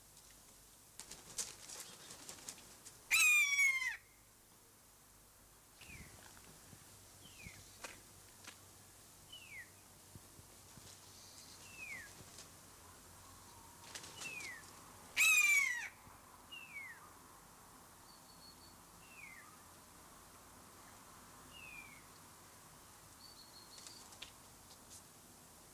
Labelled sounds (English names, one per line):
Common Buzzard call